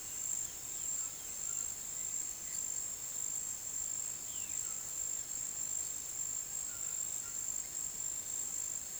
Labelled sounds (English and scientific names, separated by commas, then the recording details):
none
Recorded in pastures near Puerto Asís, Putumayo, Colombia, on 22 June 2025 at 16:30
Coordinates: 0.486, -76.323
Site H29